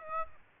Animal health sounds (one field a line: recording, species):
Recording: mosquito wingbeat signal from an infrared sensor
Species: Aedes aegypti